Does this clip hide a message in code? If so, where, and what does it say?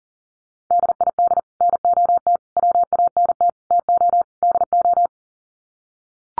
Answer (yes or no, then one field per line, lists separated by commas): yes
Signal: Morse code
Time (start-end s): 0.7-5.1 s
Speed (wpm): 37 wpm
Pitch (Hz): 700 Hz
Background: none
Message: DID NOT WANT TO DO